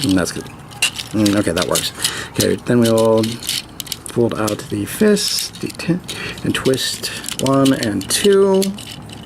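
Someone talks while handling a plastic transforming figure, twisting a plastic part toward its torso section in two steps, with light plastic rattling and clicking handling sounds. The clip ends before the part goes home, so nothing has seated or snapped into place yet.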